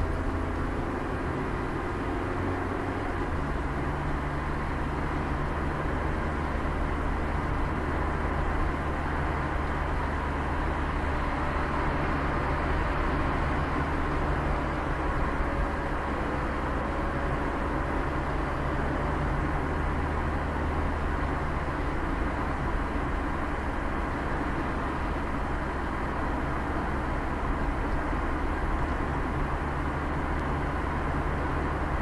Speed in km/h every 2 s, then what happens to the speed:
59, 60, 59, 59, 58, 54, 52, 54, 56, 57, 59, 59, 57, 58, 57, 54.
0-8 steady at about 59. 8-11 slows to 52.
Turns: none.